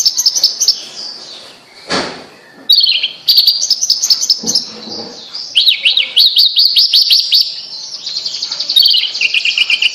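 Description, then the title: Bird song: high twittering broken by a brief knock near two seconds, then long runs of fast trilled and zigzagging notes. "Kicau Burung Yoi"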